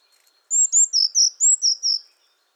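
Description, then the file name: Eurasian blue tit giving one high phrase of about seven quick notes, thin high whistles mixed with slightly lower notes. Quiet background. "Cyanistes caeruleus"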